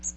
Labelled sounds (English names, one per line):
Magnolia Warbler flight call